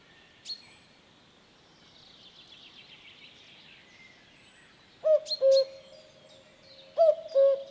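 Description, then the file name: Common cuckoo giving two low, falling two-note cu-coo calls near the end, after a stretch of faint, high twittering from other birds. "kagu"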